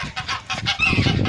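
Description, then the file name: Goose honks, harsh and nasal, in a short burst over a low rumbling background. "Odglosy zwierzat gesi"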